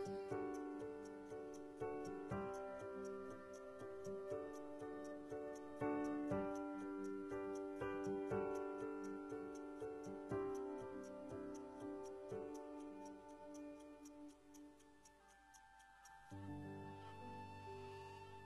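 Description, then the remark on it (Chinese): A steady, even clock tick-tock runs throughout, crisp and regular, layered over soft melodic music with sustained tones that thins out and shifts near the end, in a song played on Beijing radio station FM 98.6. “这是听到时针滴滴答答走的声音，也是岁月流过的声音”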